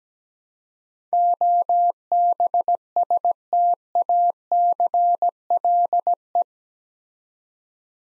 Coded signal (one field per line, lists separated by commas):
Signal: Morse code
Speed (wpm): 17 wpm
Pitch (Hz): 700 Hz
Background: none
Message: OBSTACLE